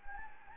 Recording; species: mosquito wingbeat signal from an infrared sensor; Anopheles gambiae